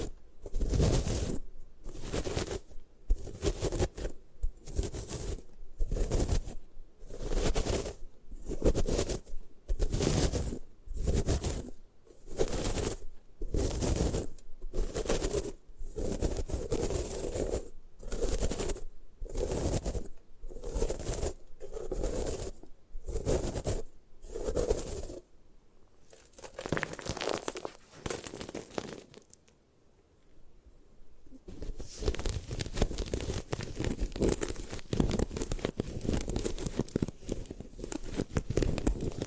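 Gym chalk is crushed in a steady rhythm of gritty, crunching bursts, roughly one per second, for the first twenty-five seconds. The strokes then loosen, pause briefly near the thirty-second mark, and give way to a continuous dry, crumbling scrape until the end.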